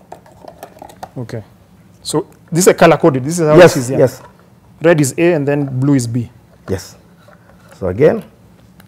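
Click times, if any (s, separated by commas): none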